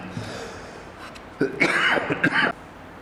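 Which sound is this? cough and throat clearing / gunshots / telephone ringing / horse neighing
cough and throat clearing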